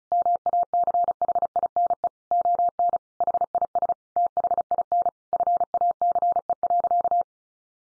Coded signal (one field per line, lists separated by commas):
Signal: Morse code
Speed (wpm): 34 wpm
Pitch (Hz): 700 Hz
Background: none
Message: MACHINE ON HIS THIN FACE.